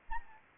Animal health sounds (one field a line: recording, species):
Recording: mosquito wingbeat signal from an infrared sensor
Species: Anopheles gambiae